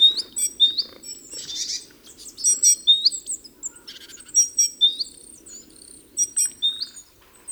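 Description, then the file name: Great tit calls: short high chirps with rising, hooked notes, given in quick irregular bursts, with scattered sharp ticks and a low steady hum underneath. "Parus major"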